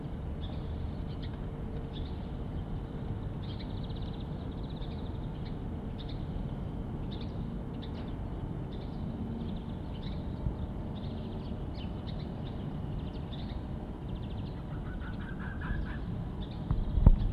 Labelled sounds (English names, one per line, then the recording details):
Corsac Fox barking
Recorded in captivity
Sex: male
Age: adult
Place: Zoologisches Institut der HUB, Berlin, DE
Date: 1966-04-02
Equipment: Telefunken Magnetophon 300, TD 300, Transistorverstärker 1
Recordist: Tembrock, Günter